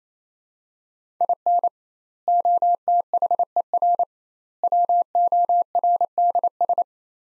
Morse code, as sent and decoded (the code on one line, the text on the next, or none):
.. -. / --- - .... . .-. / .-- --- .-. -.. ...
IN OTHER WORDS